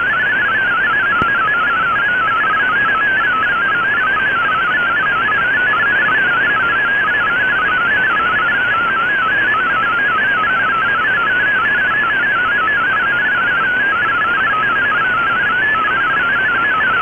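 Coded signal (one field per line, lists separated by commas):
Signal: multi-tone FSK (Olivia or MFSK type)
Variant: MFSK32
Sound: rapid burbling single tone hopping between close pitches, continuous over hiss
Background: radio static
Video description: Here is my decode of the Shortwave Radiogram broadcast today on 7780Khz shortwave radio at 2330UTC in MFSK32 and with 4 SSTV images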